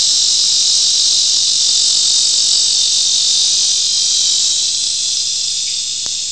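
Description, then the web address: Lyric cicada song, a steady shrill buzzing drone that runs unbroken and eases slightly in loudness near the end, with one short click. Michigan, United States. "fauna Michigan Cicadas Michigan"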